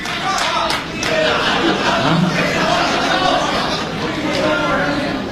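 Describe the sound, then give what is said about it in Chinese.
Sustained audience applause for a performer, a dense steady wash of many hands clapping at an even loudness for several seconds, with a voice faintly audible beneath it. “谢谢谢谢谢谢您的掌声鼓励，这么热情。”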